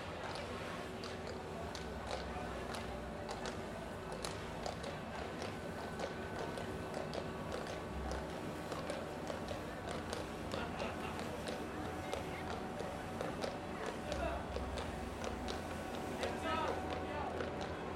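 A traditional goose riding ceremony in Belgium, heard as a steady, dense wash of crowd chatter and voices for the whole stretch. Frequent sharp clicks and knocks, like hooves or footsteps, dot the din throughout, and a low rumble runs underneath.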